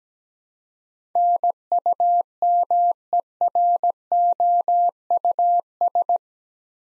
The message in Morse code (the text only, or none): NUMEROUS